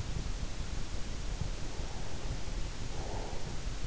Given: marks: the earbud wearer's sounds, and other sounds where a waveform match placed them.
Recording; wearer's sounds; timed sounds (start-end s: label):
sounds in sleep by an in-ear microphone; breath
1.68-3.67 s: breath